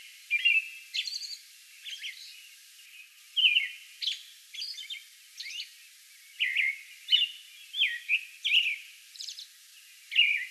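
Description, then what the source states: American robin song with spaced carol phrases and high thin squeaks, a brief gap near the start, then a denser run of phrases. Song bout recorded May 11.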